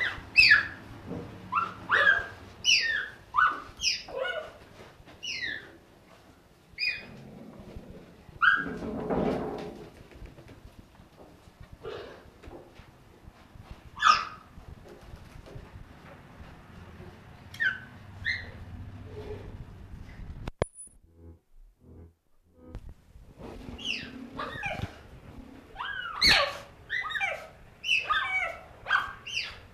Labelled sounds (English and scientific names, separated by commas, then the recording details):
Cheetah (Acinonyx jubatus) call
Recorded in captivity
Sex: group
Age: adult
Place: Zoo Leipzig, Sachsen, DE
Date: 1966-10-22 15:45
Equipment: Uher 4200 Report Monitor, Sennheiser MD 421, Transistorverstärker
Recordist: Tembrock, Günter